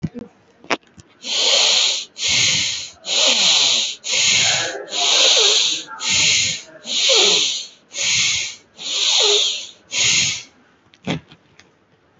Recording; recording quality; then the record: shallow breathing; excellent, no background noise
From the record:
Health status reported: respiratory illness, not identified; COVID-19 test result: negative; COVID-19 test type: RT-PCR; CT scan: taken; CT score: 0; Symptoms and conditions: cold, breathing difficulty, fatigue, muscle pain, chronic lung disease, another respiratory illness, hypertension, another condition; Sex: male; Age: 32 years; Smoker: no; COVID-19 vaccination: one dose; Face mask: worn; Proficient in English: yes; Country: India